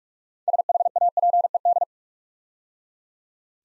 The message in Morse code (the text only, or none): SHAPED